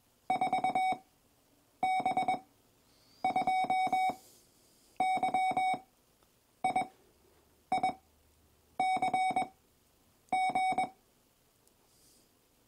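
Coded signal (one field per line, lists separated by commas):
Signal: Morse code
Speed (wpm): 21 wpm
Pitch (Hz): 750 Hz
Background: none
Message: 4 B 2 Y I I C G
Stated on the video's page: Morse code from CARDCODE training software for learning Morse code.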